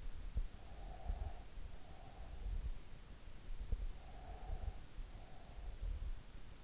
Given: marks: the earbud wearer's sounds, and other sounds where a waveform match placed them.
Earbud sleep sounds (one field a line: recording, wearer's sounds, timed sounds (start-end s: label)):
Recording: sounds in sleep by an in-ear microphone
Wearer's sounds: breath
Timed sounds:
0.68-2.38 s: breath
3.82-6.14 s: breath